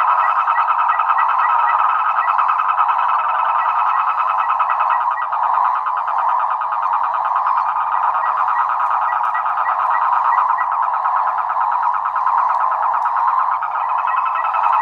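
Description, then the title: Frogs and toads: continuous dense frog chorus with overlapping pulsed croaks, and a brief higher series of quick clicking notes repeating at intervals; faint low hum beneath. Frogs and toads calling after spring rain, near San Javier, Córdoba region, Argentina. "Orgie de batraciens, Cordoba (AR)"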